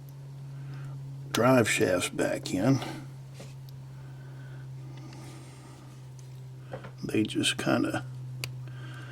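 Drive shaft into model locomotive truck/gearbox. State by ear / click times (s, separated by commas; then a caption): seated / 8.4 s. A plastic drive shaft is pressed back into its socket on the truck gearbox of an Athearn SD70MAC HO-scale model locomotive during a DCC decoder install. Someone talks over a steady low hum, and the shaft snaps into place with a loud, sharp click at 8.4 seconds.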